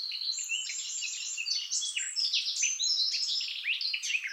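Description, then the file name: Eurasian blackcap singing a continuous, busy jumble of high, twittering and scratchy notes throughout the short stretch. "Sylvia atricapilla"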